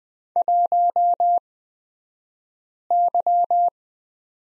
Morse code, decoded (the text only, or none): 1Y